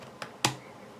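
An LG G5 smartphone's modular battery module is slid back into the bottom slot of the phone. A light tap comes at 0.2 s, then a sharp, louder click at 0.5 s that fades quickly, and the battery is seated.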